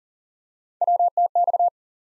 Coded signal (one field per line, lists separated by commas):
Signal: Morse code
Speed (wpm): 40 wpm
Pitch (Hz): 700 Hz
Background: none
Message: WTX